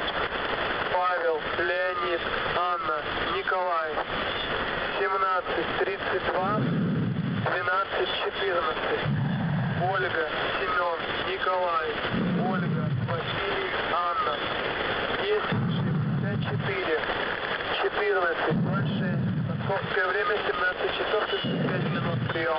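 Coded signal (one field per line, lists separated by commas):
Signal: coded military voice message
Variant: The Pip, Russian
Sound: continuous voice talking over a radio channel, with recurring low rumbling bursts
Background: radio static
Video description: "The Pip" is a Russian military station that broadcasts on 5448 kHz at daytime and 3756 kHz at nighttime.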